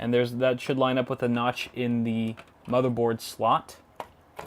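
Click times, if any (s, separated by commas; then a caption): 4.0 s. Someone talks while a graphics card's edge connector, lined up by its notch with the motherboard PCIe slot, is pressed down into the slot. A sharp click comes at 4.0 s as the slot latch catches, followed by a fainter tick shortly after. The card is seated, with a satisfying, noticeable click like installing memory.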